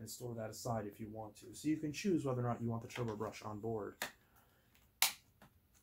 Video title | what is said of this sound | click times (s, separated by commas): Hoover WindTunnel T-Series Purely Clean Vacuum Review (UH70202) | little bit tricky to get back on there but once you line it up it snaps right in just fine | 5.0 s